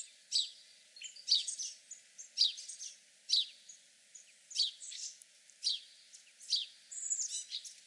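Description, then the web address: House sparrow chirping, a run of harsh, slightly descending notes, about one per second, with softer chatter in the gaps. "haussperling"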